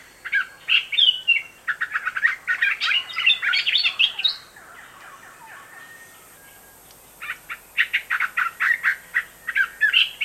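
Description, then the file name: Bird twittering: fast, busy strings of high chirps, a quieter gap in the middle, then another lively run of sharp repeated notes. "madar bbc"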